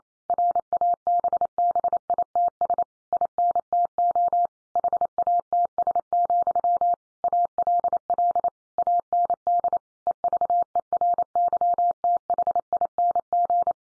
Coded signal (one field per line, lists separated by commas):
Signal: Morse code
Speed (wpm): 28 wpm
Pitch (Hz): 700 Hz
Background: none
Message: RABBITS INTO HATS, ALL AND EVERYTHING